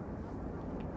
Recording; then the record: background sound without coughing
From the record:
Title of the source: Train Ride Ambience ambient white noise for sleeping, focus, studying, reading